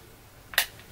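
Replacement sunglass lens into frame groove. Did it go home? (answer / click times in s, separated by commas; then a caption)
yes / 0.6 s. A replacement sunglass lens, lined up in the frame, is pushed down to seat it in the frame groove. A small lead-in tick is followed by a sharp, bright pop at 0.6 s, and the lens seats in the frame.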